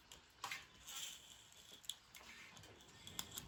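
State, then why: Not seated. A brake cable is threaded through a bicycle V-brake lever while its end nipple is worked toward its pocket, giving a few light metallic ticks and taps near 0.5, 1.9 and 3.2 seconds over quiet handling noise. Nothing has seated or clicked into place yet by the end of the clip.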